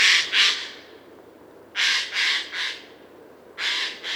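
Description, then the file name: Eurasian jay giving harsh, rasping screeches, a pair near the start, a run of three in the middle, then two more at the end. "Garrulus glandarius"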